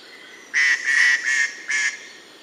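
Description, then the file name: White-bellied treepie giving harsh nasal grating calls, four rasping bursts in quick succession against a quiet background. "White bellied Treepie Dendrocitta leucogastra"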